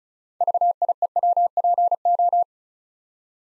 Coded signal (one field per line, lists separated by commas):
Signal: Morse code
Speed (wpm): 36 wpm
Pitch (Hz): 700 Hz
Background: none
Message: VIEWPO